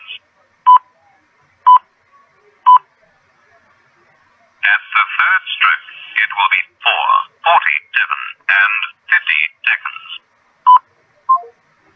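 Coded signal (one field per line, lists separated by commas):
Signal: speaking clock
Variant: Australian talking clock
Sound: three short one-second pips, a recorded voice announcing the time, then another pip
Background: telephone line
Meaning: A recorded voice announces the time and a pip marks the exact moment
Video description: I thought it would be worthwhile to record the prerecorded message that is spoken when you dial the number (1194).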